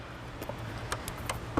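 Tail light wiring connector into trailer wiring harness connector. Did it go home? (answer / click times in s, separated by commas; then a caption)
yes / 1.3 s. On the driver side of a 2019 Chevrolet Cruze Hatchback, the two plastic connector halves, the tail light wiring plug and the trailer wiring harness plug, are pushed together by hand over a low, steady background hum. Several short, sharp ticks are heard, and the connectors latch and seat with a click at 1.3 s.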